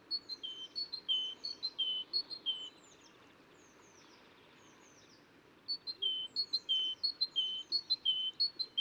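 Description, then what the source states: Great tit song: bright two-note phrases, a high note then a lower one, repeated rapidly in a run, a pause of about three seconds, then another run. Recorded in a cemetery.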